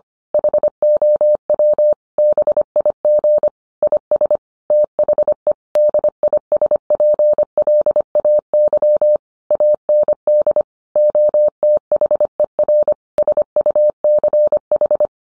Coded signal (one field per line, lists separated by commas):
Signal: Morse code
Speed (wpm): 25 wpm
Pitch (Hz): 600 Hz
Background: none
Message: HOW BIG IS THE DISPLAY AND OTHER SUCH